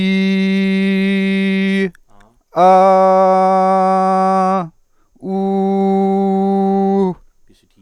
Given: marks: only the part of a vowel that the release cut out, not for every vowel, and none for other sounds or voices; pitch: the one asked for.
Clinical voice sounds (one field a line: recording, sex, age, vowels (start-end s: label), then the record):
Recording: sustained vowels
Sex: male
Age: 20 to 29 years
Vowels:
0.00-1.76 s: vowel /i/, normal pitch
2.79-4.51 s: vowel /a/, normal pitch
5.35-7.00 s: vowel /u/, normal pitch
From the record:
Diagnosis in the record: healthy voice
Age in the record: 22 years